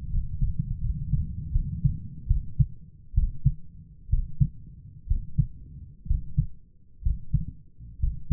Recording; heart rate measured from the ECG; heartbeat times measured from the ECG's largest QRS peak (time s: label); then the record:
heart sounds by stethoscope; 68 bpm
0.10 s: heartbeat
0.80 s: heartbeat
1.52 s: heartbeat
2.27 s: heartbeat
3.14 s: heartbeat
4.09 s: heartbeat
5.07 s: heartbeat
6.06 s: heartbeat
7.02 s: heartbeat
7.99 s: heartbeat
From the record:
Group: healthy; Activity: rest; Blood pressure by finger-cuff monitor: 121/71 mmHg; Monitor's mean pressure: 86 mmHg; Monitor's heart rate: 69 bpm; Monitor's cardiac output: 8.3 L/min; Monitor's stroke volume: 108 mL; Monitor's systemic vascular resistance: 820 dyn s/cm5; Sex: male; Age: 23 years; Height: 178 cm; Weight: 96.6 kg